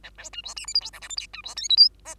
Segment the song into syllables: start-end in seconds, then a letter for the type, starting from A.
0.03-0.11 A, 0.18-0.30 B, 0.33-0.42 C, 0.43-0.54 D, 0.56-0.66 E, 0.67-0.74 F, 0.74-0.81 G, 0.81-0.90 H, 0.93-1.00 I, 1.01-1.08 J, 1.09-1.16 K, 1.17-1.27 L, 1.33-1.42 C, 1.44-1.55 D, 1.56-1.69 M, 1.69-1.76 N, 1.77-1.90 O, 2.05-2.15 P